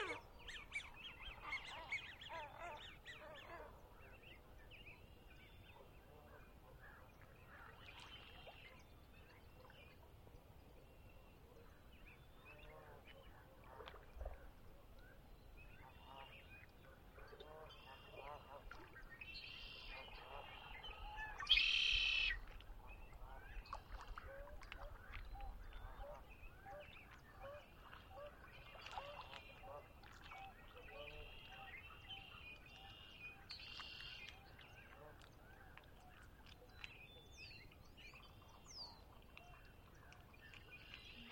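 Early spring dawn at Conner's Lake, with a steady low rumble underneath and scattered bird calls throughout, some goose-like honks among them. Around the 21–22 second mark a louder burst stands out with a clear whistled call, then chatter continues more sparsely.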